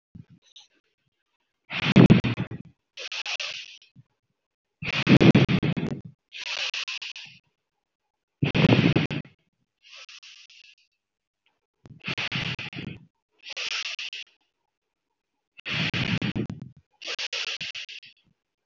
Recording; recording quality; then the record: deep breathing; excellent, no background noise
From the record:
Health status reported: healthy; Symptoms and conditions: none ticked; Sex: female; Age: 31 years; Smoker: not ticked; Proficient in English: yes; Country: India